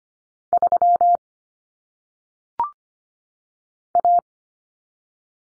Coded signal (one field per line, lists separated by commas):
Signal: Morse code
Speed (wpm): 25 wpm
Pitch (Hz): 700 Hz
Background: none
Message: 3 A